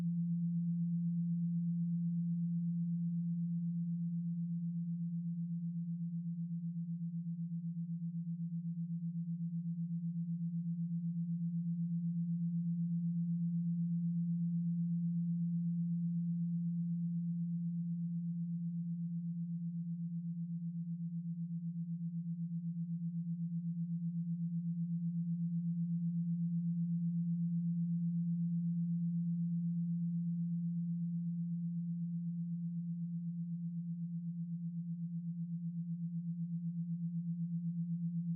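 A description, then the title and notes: A binaural beat: one low, pure steady tone held without change, its loudness swelling and easing slowly and evenly, with nothing else present. Binaural - Wake up. Binaural beat.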